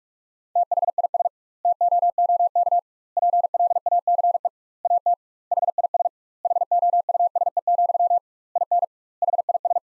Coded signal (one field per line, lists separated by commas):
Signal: Morse code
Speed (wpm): 46 wpm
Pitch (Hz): 700 Hz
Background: none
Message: THIS TOOK PLACE AT HIS HOUSE, IN HIS